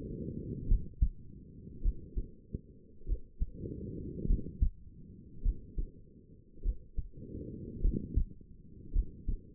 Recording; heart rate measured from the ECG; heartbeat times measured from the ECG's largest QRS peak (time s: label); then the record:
heart sounds by stethoscope; 51 bpm
0.69 s: heartbeat
1.83 s: heartbeat
3.07 s: heartbeat
4.27 s: heartbeat
5.43 s: heartbeat
6.63 s: heartbeat
7.82 s: heartbeat
8.93 s: heartbeat
From the record:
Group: healthy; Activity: rest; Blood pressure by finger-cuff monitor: 103/61 mmHg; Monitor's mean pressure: 73 mmHg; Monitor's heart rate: 51 bpm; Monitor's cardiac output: 4.9 L/min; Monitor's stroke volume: 94 mL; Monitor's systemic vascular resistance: 1070 dyn s/cm5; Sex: female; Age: 28 years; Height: 170 cm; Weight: 77 kg